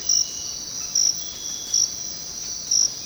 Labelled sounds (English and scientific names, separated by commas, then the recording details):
none
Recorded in secondary vegetation near Puerto Asís, Putumayo, Colombia, on 19 March 2025 at 05:30
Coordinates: 0.484, -76.319
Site G010